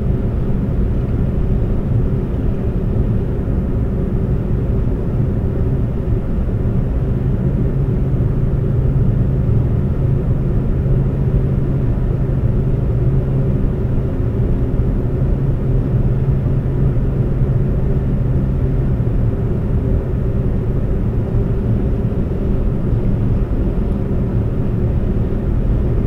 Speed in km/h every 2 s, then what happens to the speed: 126, 126, 126, 127, 129, 129, 130, 130, 132, 132, 130, 130, 130.
0-26 steady at about 130.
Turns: none.